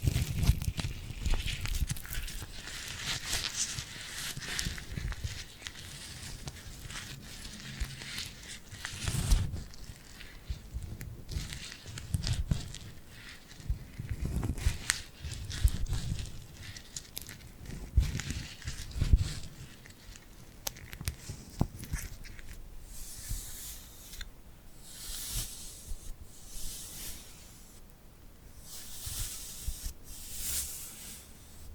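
Tingly glued hand sounds: sticky rubbing and peeling crackles in irregular, overlapping bursts with soft low thumps through the first twenty seconds. Later the texture thins out and turns brighter, with separate hissing, crinkly swipes every couple of seconds.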